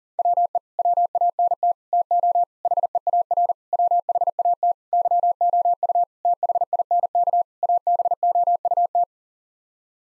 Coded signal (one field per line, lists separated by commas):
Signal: Morse code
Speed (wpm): 37 wpm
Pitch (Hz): 700 Hz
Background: none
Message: WE WANT TO HEAR WHAT YOU THINK ABOUT